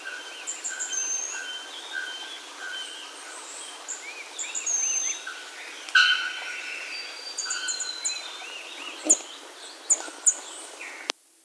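Bird calls fill the scene: sliding high whistles, bubbling mid-range phrases and a few sharp clicks near the end, with continuous background hiss.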